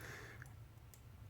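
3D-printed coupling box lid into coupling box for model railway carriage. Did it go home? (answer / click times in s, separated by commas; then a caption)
no / none. A 3D-printed plastic lid for a model railway carriage's coupling box is handled and pressed toward the box; it is meant to snap on without a screw because the lid is slightly wider than the box. Over a steady low hum, there are only faint handling ticks around 0.4 and 0.9 seconds. Nothing has seated or clicked into place yet.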